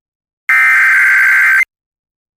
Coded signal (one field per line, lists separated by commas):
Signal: Emergency Alert System (SAME) tones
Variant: header bursts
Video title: 9/1/21 7:04PM EST WKVP-FM 106.9 Tornado Emergency EAS